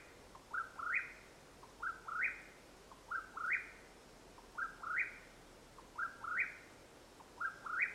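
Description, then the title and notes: Mexican whip-poor-will calling, a three-part whistled phrase rising in steps, repeated about every 1.4 seconds, with a short lead-in note before each phrase. Call at nightfall in Madera Canyon, Arizona, 21 April 2022. "The call of the Mexican Whip-poor-will at nightfall in Madera Canyon, AZ. Recorded April, 21 2022."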